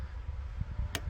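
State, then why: Not seated. A new wiper blade is being fitted to the wiper arm of a BMW F30/F32/F36/F80, hooked on at the top first and then pushed so its plastic adapter goes onto the arm. Low rumbling handling noise runs throughout, with a single sharp tick at about 0.95 s. Nothing has seated or clicked into place yet.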